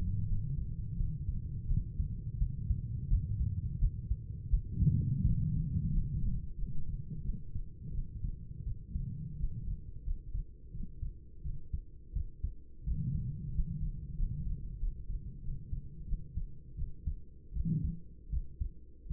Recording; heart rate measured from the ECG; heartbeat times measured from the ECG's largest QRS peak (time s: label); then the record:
heart sounds by stethoscope; 86 bpm
0.24 s: heartbeat
0.95 s: heartbeat
1.66 s: heartbeat
2.37 s: heartbeat
3.08 s: heartbeat
3.78 s: heartbeat
4.49 s: heartbeat
5.23 s: heartbeat
5.90 s: heartbeat
6.55 s: heartbeat
7.21 s: heartbeat
7.91 s: heartbeat
8.63 s: heartbeat
9.35 s: heartbeat
10.02 s: heartbeat
10.70 s: heartbeat
11.41 s: heartbeat
12.12 s: heartbeat
12.83 s: heartbeat
13.51 s: heartbeat
14.15 s: heartbeat
14.78 s: heartbeat
15.40 s: heartbeat
16.04 s: heartbeat
16.75 s: heartbeat
17.52 s: heartbeat
18.29 s: heartbeat
19.06 s: heartbeat
From the record:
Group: healthy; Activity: rest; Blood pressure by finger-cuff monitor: 101/55 mmHg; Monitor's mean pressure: 71 mmHg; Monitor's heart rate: 86 bpm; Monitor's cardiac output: 7.5 L/min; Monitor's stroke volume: 84 mL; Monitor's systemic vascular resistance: 690 dyn s/cm5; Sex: female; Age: 26 years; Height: 165 cm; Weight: 55 kg